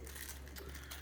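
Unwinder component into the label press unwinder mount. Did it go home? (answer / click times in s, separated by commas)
no / none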